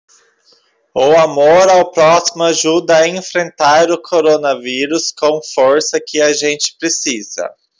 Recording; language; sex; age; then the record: spoken sentence; Brazilian Portuguese; male; 30 to 39 years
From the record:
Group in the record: control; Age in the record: 30 years